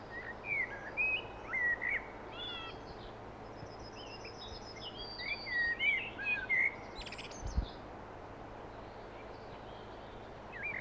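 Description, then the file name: Common blackbird song: loose whistled phrases and chattering twitters spread throughout, one sharp click midway, low hiss throughout. "Turdus merula"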